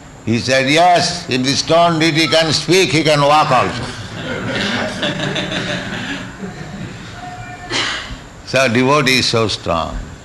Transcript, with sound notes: He said, "Yes, if the stone Deity can speak, He can walk also." [laughter] So devotee is so strong.